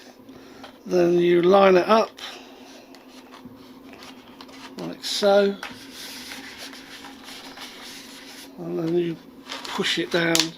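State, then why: Not seated. A battery tray is rubbed and slid into position in the foam/plastic fuselage of an FMS Hawker Typhoon "Tiffy" 1100mm RC airplane to line it up before it is pushed down. Soft rubbing and scraping sounds with small ticks near 3.0, 3.9, 4.4 and 4.8 seconds come between stretches of someone talking. Nothing has seated or clicked yet.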